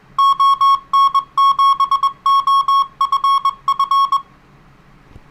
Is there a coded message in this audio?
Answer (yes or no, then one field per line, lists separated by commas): yes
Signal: Morse code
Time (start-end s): 0.2-4.2 s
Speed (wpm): 21 wpm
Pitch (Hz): 1100 Hz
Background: none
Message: ON7OFF